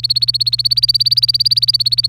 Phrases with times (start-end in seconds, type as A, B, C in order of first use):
0.00-2.09 A